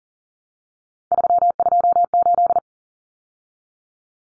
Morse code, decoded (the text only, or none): 328